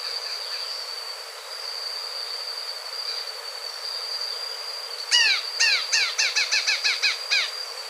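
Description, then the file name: Grey-hooded flycatcher song, a run of falling, harmonic notes that speed up, heard late over a steady high insect drone. "Canto do abre asa de cabeca cinza"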